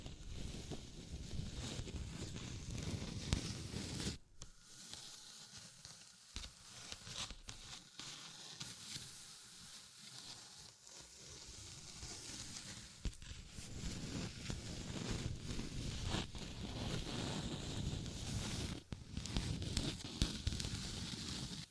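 Tapping, scratching and tracing sounds come through a steady hissing, rustling bed that runs the full length. Sharp clicks and taps land irregularly throughout, with a quieter, thinner stretch around five to thirteen seconds before the low rumble and scraping return fuller.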